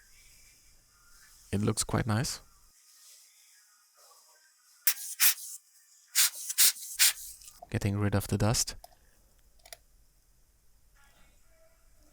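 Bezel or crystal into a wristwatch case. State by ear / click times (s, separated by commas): not seated / none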